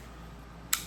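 A striker in a partly disassembled SIG P320 pistol is cocked by hand, and the sear catches it with a single sharp, bright click at 0.7 s over a faint steady low hum. The striker is caught and held by the sear.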